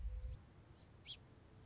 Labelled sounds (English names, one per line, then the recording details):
Song Sparrow
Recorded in Sonoma County, California